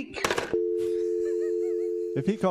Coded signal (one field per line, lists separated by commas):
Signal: telephone call progress tone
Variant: North America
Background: speech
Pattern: dial tone